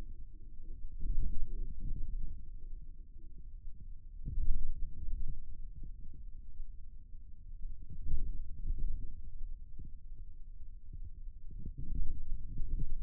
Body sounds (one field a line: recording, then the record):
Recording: forearm muscle sounds (acoustic myography)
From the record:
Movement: radial deviation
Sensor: system 2, bracelet of six BSWA MPA416 microphones around the upper forearm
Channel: 3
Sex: male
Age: 22 years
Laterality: right